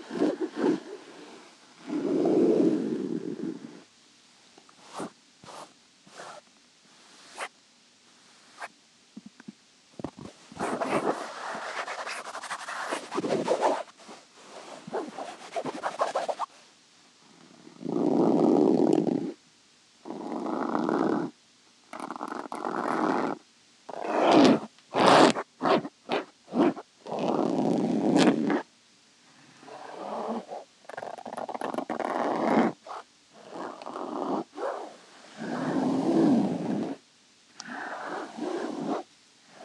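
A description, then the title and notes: Fabric being scratched in repeated bursts, each lasting one to three seconds with short silent gaps between. The scratching is rough, mixing a low rubbing body with bright, crackly edges, and some strokes end in quick sharp scrapes, especially around the middle. 𝗳𝗮𝗯𝗿𝗶𝗰 𝘀𝗰𝗿𝗮𝘁𝗰𝗵𝗶𝗻𝗴 𝗮𝘀𝗺𝗿.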